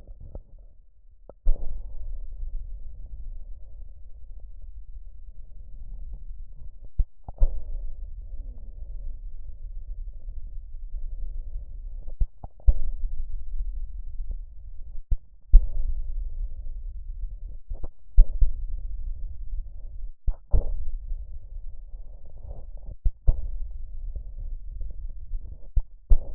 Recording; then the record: lung sounds by stethoscope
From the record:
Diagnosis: emphysema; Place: left posterior upper chest